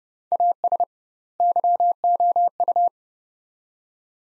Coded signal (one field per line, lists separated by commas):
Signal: Morse code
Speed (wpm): 31 wpm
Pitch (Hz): 700 Hz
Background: none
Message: AS YOU